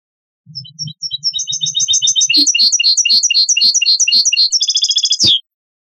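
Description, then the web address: European goldfinch song: a fast, tinkling stream of high twittering and liquid chirps, building into rapid trills. "Chants Chard"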